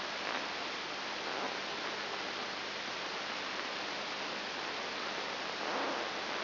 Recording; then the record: brain microelectrode recording played as sound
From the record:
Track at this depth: inside the subthalamic nucleus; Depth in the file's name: 3.502 mm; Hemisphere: left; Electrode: 3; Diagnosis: Parkinson's disease